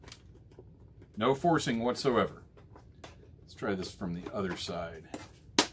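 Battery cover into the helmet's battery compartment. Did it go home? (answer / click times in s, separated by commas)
yes / 5.6 s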